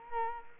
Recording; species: mosquito wingbeat signal from an infrared sensor; Culex quinquefasciatus